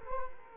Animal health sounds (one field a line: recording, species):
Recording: mosquito wingbeat signal from an infrared sensor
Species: Culex quinquefasciatus